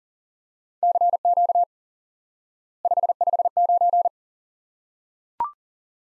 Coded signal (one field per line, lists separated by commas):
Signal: Morse code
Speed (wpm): 38 wpm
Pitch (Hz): 700 Hz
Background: none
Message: CQ 559